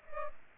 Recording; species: mosquito wingbeat signal from an infrared sensor; Culex pipiens